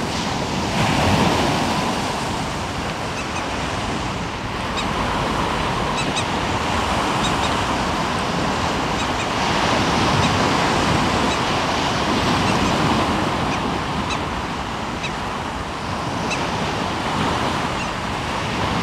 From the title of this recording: Waves and bird life: Ambience from a walk along Omø coastline